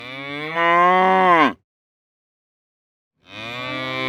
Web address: The Sound Pack Tree - The Nature Pack. cow moos